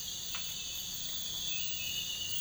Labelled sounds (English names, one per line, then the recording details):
none
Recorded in pastures near Puerto Asís, Putumayo, Colombia, on 26 December 2024 at 05:00
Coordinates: 0.472, -76.329
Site G072